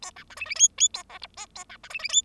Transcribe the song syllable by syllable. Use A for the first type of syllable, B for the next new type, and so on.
A B C D D E E A F G H A B C D D E